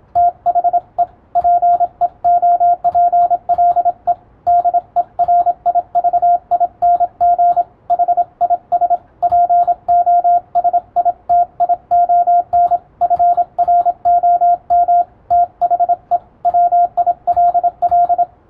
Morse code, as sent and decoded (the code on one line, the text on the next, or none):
- .... . / .--. . --- .--. .-.. . / -.. . .-. .. ...- .. -. --. / .... .. ... / .--. --- ... .. - .. --- -. / ..-. .-. --- -- / - .... . / .-- .. .-.. .-..
THE PEOPLE DERIVING HIS POSITION FROM THE WILL